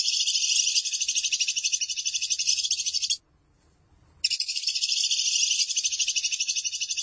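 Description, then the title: Lovebird song: steady, buzzy, rapidly pulsing chatter for about three seconds, a pause of about a second, then the same harsh twitter again. "BM Suara Burung Lovebird"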